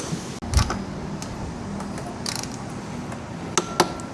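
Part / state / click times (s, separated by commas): torque wrench on scooter clutch bell nut / torque reached / 3.6 s, 3.8 s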